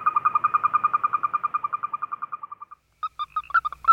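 Western toad call: a rapid series of soft pulsed peeps around one pitch, slowing and fading over nearly three seconds, then a few irregular chirps.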